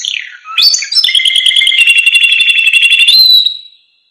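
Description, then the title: Canary delivering a sliding note into a sustained, strongly trilled phrase lasting over two seconds, ending on a high pure whistle. Canary singing prolifically (gacor) with full, varied song (full isian); masteran training recording for caged lovebirds, white-rumped shamas (murai batu), canaries and green leafbirds (cucak ijo). "Masteran Kenari Gacor Full Isian Untuk Lovebird, Murai Batu, Kenari, Cucak Ijo"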